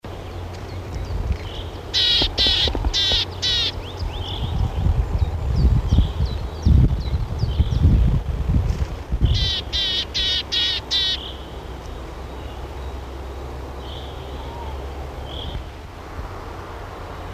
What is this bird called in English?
Willow Tit